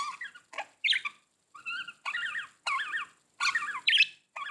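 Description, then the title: Budgerigar warble: repeated wavering, trilled whistles in short phrases, mixed with sharper chirps, pausing briefly between bursts. "Budgie Sounds"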